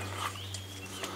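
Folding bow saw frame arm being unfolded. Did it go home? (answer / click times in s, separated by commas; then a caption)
no / none. One end of a folding metal bow saw frame is unfolded by hand, making only soft handling noise over a steady low hum, with a brief slightly louder touch near 1.0 s. The arm has not locked into place yet, and there is no lock click.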